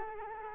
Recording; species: mosquito wingbeat signal from an infrared sensor; Culex quinquefasciatus